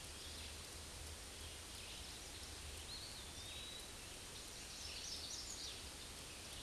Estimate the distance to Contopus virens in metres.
about 75 m